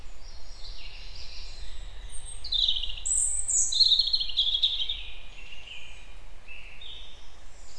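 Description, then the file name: European robin singing a jumbled run of high, shimmering notes and short trills, with steady low rumble underneath. "Erithacus rubecula"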